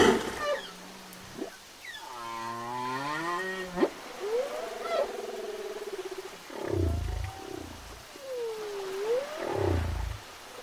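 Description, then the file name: Whale song: a wavering harmonic moan, rising whoops and a looping upsweep, separated by deep low grunts. "chant des baleines"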